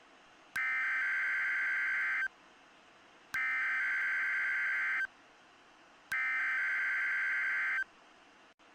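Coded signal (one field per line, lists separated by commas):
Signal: Emergency Alert System (SAME) tones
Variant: header bursts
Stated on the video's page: Valid EAS tones in self-made EAS screen recreations.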